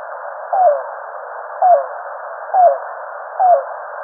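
Yellow-billed cuckoo notes: four short, hollow calls sliding gently down in pitch, repeated at roughly one-second intervals over even background hiss.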